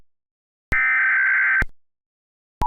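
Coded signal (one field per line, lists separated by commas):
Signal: Emergency Alert System (SAME) tones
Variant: header bursts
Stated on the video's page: Fictional remastered scenario containing valid EAS tones.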